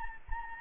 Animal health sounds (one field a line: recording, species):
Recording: mosquito wingbeat signal from an infrared sensor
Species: Anopheles gambiae